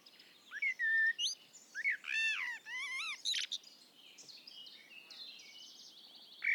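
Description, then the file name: Common blackbird song: mellow whistled notes followed by rising and falling fluty phrases, a sharp high flourish, then softer twittering and a final note. "Turdus merula"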